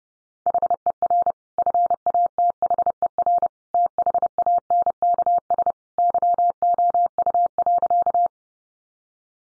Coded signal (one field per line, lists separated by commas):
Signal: Morse code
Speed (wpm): 30 wpm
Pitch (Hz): 700 Hz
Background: none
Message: HER FATHER THANKS YOU.